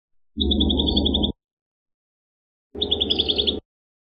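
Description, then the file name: Prinia singing two high rapid trilled phrases, each under a second, with a gap of over a second between them and a harsh low rasp underneath. "suara burung perenjak kamboja. omkicau"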